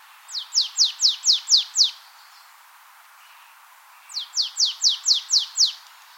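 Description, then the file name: Marsh tit gives two rapid runs of seven thin, downslurred notes, separated by a pause of about two seconds, against a quiet background. "Poecile palustris"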